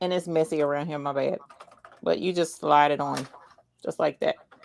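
An embroidery hoop is slid onto the embroidery arm of a sewing machine while someone talks. Speech covers most of the clip, with soft handling noises in the quieter gaps. Nothing has seated or clicked yet.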